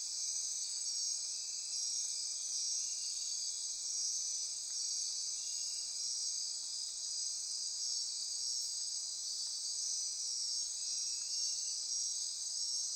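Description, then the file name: Insect chorus, continuous high-pitched ringing trills stacked in several bands, constant in loudness from start to finish. Midnight insect chorus recorded near Corcovado. "Andy-Martin Midnight-Insect-Chorus-Near-Corcovado"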